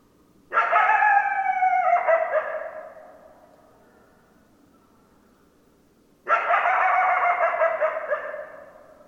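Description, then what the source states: Coyote calls: two long, loud harmonic notes with a slight downward slide, separated by a silent gap. Coyotes, 10 December 2012.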